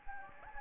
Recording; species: mosquito wingbeat signal from an infrared sensor; Anopheles gambiae